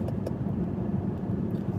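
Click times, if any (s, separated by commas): 0.1 s, 0.3 s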